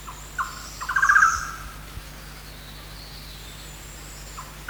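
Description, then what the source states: Golden-naped barbet calling: a couple of short introductory notes, then a rapid pulsed trill, over a steady low hum. Recorded 1 March 2008.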